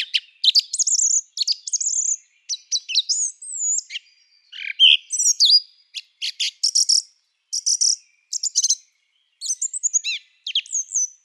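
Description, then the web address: Song thrush song full of inventive variety: fluty whistles, sweeping slurs and dense stuttering clusters follow one another with brief gaps. "Schulze Peter Song Thrush song"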